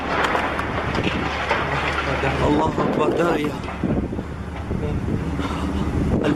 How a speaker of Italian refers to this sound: Il suono che avete appena udito è quello dell'esplosione di un barile bomba, uno dei tanti precipitati sulle città siriane negli ultimi mesi, il barrel bomb, altrimenti detto in inglese.